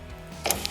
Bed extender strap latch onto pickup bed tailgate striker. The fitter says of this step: and you're going to hear a clicking noise meaning that it is it is stowed and and locked in place